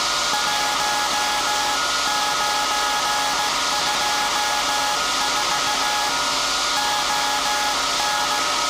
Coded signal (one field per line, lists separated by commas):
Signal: Morse code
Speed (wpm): 16 wpm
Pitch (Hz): 840 Hz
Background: none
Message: 1924 ON